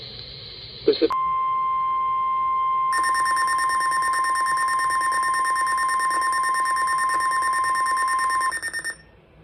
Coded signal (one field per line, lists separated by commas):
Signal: Emergency Alert System (SAME) tones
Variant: 1050 Hz attention tone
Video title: An Enhanced Mess || EAS Alerts from 6/26/23 || EAS 646-685